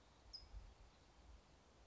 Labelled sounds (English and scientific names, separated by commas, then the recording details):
California Towhee (Melozone crissalis)
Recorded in Sonoma County, California